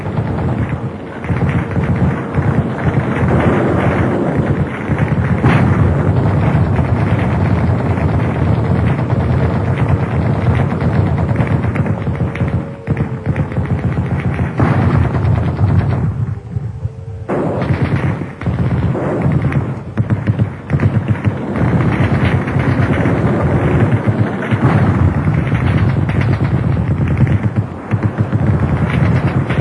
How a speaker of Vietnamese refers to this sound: Tiếng sấm, tiếng sét, tiếng bom, tiếng súng, tiếng tên lửa, tiếng mưa rơi, rú rít tích mù. Tôi chẳng còn biết đường nào mà rờ nữa. Tôi đứng thẳng lên trên sàn, dựa vào cửa sổ lớn nhìn ra sân xà lim, vừa nhìn mưa rơi, vừa nghe súng nổ.